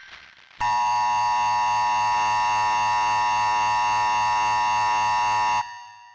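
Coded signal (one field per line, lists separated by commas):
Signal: Emergency Alert System (SAME) tones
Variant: 853 and 960 Hz attention tone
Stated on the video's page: Fictional alternative EAS scenario.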